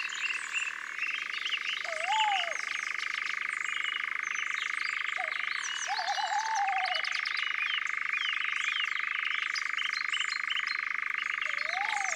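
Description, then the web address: European nightjar: steady rattling churr, dipping in pitch at the start and near the middle. Several low wavering whistled calls and varied birdsong sound in the background. "Engoulevent-d Europe abc-de-la-nature"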